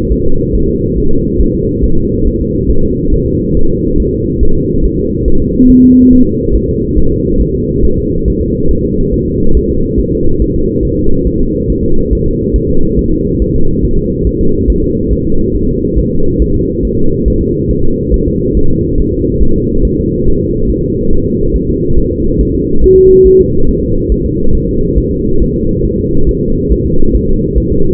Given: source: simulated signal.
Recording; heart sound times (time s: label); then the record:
fetal heart sounds
0.12 s: S1
0.26 s: S2
0.55 s: S1
0.69 s: S2
0.98 s: S1
1.12 s: S2
1.41 s: S1
1.55 s: S2
1.84 s: S1
1.98 s: S2
2.27 s: S1
2.41 s: S2
2.70 s: S1
2.84 s: S2
3.14 s: S1
3.28 s: S2
3.57 s: S1
3.71 s: S2
4.00 s: S1
4.14 s: S2
4.43 s: S1
4.57 s: S2
4.85 s: S1
4.99 s: S2
5.28 s: S1
5.42 s: S2
5.70 s: S1
5.84 s: S2
6.13 s: S1
6.27 s: S2
6.55 s: S1
6.69 s: S2
6.98 s: S1
7.12 s: S2
7.41 s: S1
7.55 s: S2
7.85 s: S1
7.99 s: S2
8.28 s: S1
8.42 s: S2
8.71 s: S1
8.85 s: S2
9.14 s: S1
9.28 s: S2
9.57 s: S1
9.71 s: S2
10.00 s: S1
10.14 s: S2
10.42 s: S1
10.56 s: S2
10.85 s: S1
10.99 s: S2
11.27 s: S1
11.41 s: S2
11.70 s: S1
11.84 s: S2
12.13 s: S1
12.27 s: S2
12.56 s: S1
12.70 s: S2
12.99 s: S1
13.13 s: S2
13.42 s: S1
13.56 s: S2
13.85 s: S1
13.99 s: S2
14.27 s: S1
14.41 s: S2
14.70 s: S1
14.84 s: S2
15.12 s: S1
15.26 s: S2
15.55 s: S1
15.69 s: S2
15.98 s: S1
16.12 s: S2
16.42 s: S1
16.56 s: S2
16.85 s: S1
16.99 s: S2
17.28 s: S1
17.42 s: S2
17.71 s: S1
17.85 s: S2
18.14 s: S1
18.28 s: S2
18.57 s: S1
18.71 s: S2
19.00 s: S1
19.14 s: S2
19.43 s: S1
19.57 s: S2
19.85 s: S1
19.99 s: S2
20.28 s: S1
20.42 s: S2
20.70 s: S1
20.84 s: S2
21.13 s: S1
21.27 s: S2
21.56 s: S1
21.70 s: S2
21.98 s: S1
22.12 s: S2
22.41 s: S1
22.55 s: S2
22.84 s: S1
22.98 s: S2
23.27 s: S1
23.41 s: S2
23.69 s: S1
23.83 s: S2
24.12 s: S1
24.26 s: S2
24.55 s: S1
24.69 s: S2
24.98 s: S1
25.12 s: S2
25.42 s: S1
25.56 s: S2
25.85 s: S1
25.99 s: S2
26.29 s: S1
26.43 s: S2
26.72 s: S1
26.86 s: S2
27.15 s: S1
27.29 s: S2
27.58 s: S1
27.72 s: S2
From the record:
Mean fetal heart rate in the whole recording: 140 bpm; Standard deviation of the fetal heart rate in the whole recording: 2 bpm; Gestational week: 34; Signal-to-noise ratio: -19.1 dB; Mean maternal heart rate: 72 bpm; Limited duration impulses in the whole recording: present